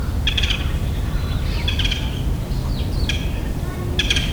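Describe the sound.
Bird calls: short bright chirp bursts at about half-second, two-second, three-second and four-second marks, over a steady low rumbling background noise.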